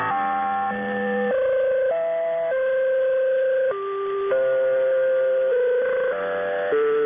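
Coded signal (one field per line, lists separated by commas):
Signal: channel marker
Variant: Bangkok Meteo interval signal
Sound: a short electronic melody of about twelve sustained organ-like notes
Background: radio static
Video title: Bangkok Meteo Interval Signal [HQ]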